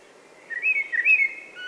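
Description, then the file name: Common blackbird producing a short, wavering fluty warble of two linked whistled notes, smooth and mid-pitched, ending in a brief higher squeak. "Turdus merula"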